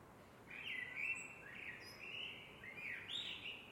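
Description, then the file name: Eurasian blackbird song: a run of mellow, fluted phrases that rise and fall, with some faint, thin, high notes, over a steady soft hiss. "MERLES"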